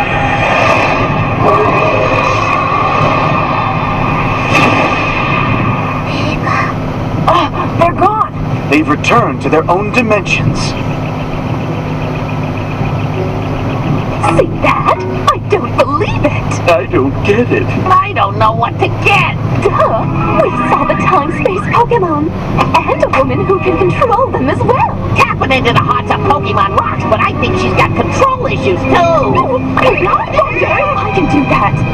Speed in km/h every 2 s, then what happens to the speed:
101, 101, 101, 101, 100, 101, 101, 103, 104, 105, 107, 108, 109, 110, 110, 110.
0-32 steady at about 103.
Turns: none.